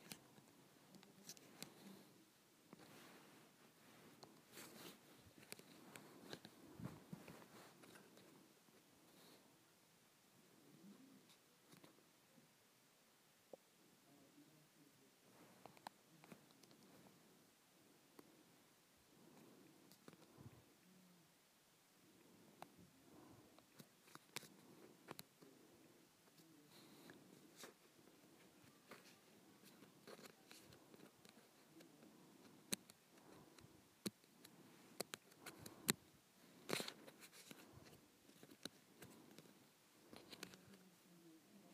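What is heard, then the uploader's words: A shirt hanger scrapes and scratches against a surface in a continuous, uneven rasping that runs the whole time. Sharp clicks and ticks pop out frequently, clustering around 33 to 37 seconds, over a gritty, mostly low-to-middle scraping texture. ASMR Scratching with a Shirt Hanger.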